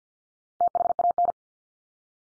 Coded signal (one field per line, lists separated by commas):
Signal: Morse code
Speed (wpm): 48 wpm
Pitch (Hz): 700 Hz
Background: none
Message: THAN